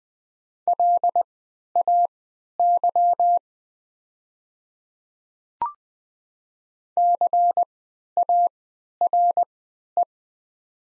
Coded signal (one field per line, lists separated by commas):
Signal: Morse code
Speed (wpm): 20 wpm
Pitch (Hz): 700 Hz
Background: none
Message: LAY CARE